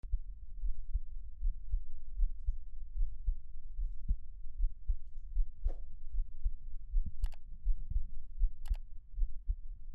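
Steady, soft low thumps of an adult's heartbeat at about 77 beats a minute, with a few brief background clicks.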